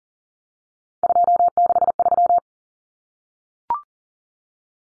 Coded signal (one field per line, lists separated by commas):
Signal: Morse code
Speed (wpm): 40 wpm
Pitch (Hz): 700 Hz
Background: none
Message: 263